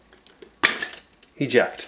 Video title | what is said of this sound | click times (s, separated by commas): MOV025.MOD | here a click | 0.7 s